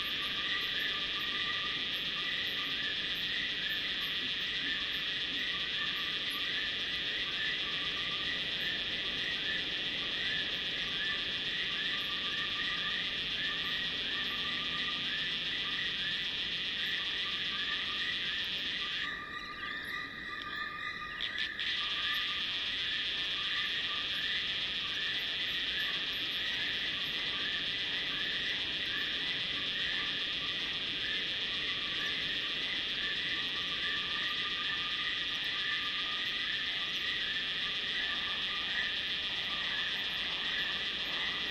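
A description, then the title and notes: Night insects along a dry riverbed at the start of the rainy season, a dense, unbroken chorus of high, shrill trilling with steady lower pulsing beneath. Around the twenty-second mark the brightest layer briefly dips and wavers before resuming unchanged. Durational audio recording of the sound environment around a dry stretch of the Limpopo River in South Africa at the beginning of the rainy season. The recording begins just before dusk and continues through late morning.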